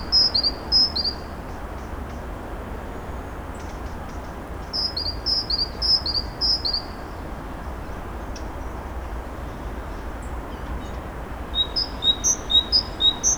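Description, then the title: Bird song: bursts of short high chirped notes, several pairs of descending whistles repeated in phrases, over a steady low rumble of background noise. Birds singing at Narbonne, France; recorded with a Zoom H6 and Sennheiser MKE 600 microphone. "Narbonne, France - Birds Sing 03. Birds Narbonne 03"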